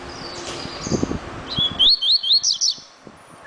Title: Canto Coleiro